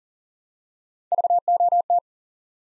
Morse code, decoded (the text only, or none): VOT